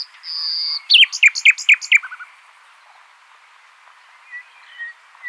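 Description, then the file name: Common nightingale song: a pure sustained whistle leads into a series of loud, evenly spaced repeated notes, then fades to soft notes. "Luscinia megarhynchos"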